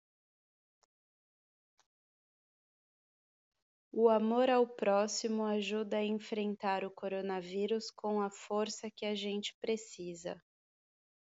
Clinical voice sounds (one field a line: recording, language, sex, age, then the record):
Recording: spoken sentence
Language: Brazilian Portuguese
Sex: female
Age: 30 to 39 years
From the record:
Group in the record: control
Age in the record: 33 years